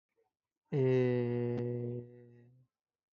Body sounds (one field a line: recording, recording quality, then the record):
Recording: sustained vowel as in made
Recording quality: excellent, no background noise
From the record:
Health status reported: healthy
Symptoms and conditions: hypertension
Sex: male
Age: 29 years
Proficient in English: yes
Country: India